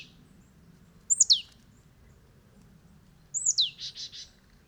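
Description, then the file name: Marsh tit calls, sharp high descending notes, the second followed by a burst of three buzzy chatter notes, against a quiet background. "Poecile palustris"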